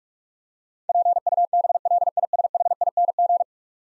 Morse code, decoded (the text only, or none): PUBLISHING